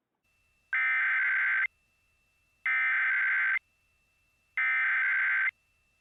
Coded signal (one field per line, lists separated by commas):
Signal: Emergency Alert System (SAME) tones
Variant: header bursts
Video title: EAS - Not Lovin' It